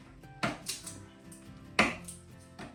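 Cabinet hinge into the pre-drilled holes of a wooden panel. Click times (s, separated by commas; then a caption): 1.8 s. A flat-pack cabinet hinge is pushed into its pre-drilled holes in a wooden panel, pressed on either side with a few light taps and knocks. It clicks home at 1.8 s with a sharp, loud snap, seating neatly and snugly. A softer knock follows near the end.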